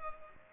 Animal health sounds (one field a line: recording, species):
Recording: mosquito wingbeat signal from an infrared sensor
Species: Culex pipiens